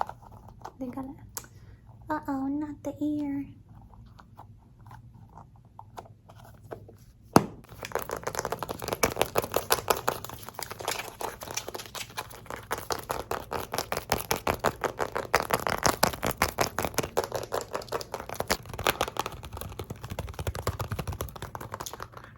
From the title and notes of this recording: ASMR Fast Paced Squishy + Crinkly Triggers.